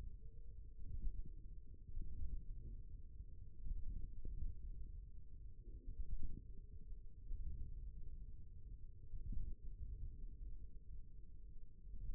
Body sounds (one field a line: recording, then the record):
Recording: forearm muscle sounds (acoustic myography)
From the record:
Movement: wrist flexion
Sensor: system 1, eight BSWA MPA416 microphones around the upper forearm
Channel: 2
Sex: male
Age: 54 years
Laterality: right